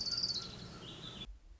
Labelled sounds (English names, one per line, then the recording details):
Orange-crowned Warbler
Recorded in Sonoma County, California